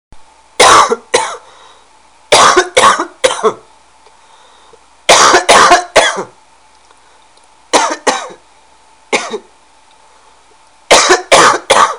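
Repeated coughing from an adult: bouts of two or three quick, harsh, broadband coughs, separated by short quiet pauses.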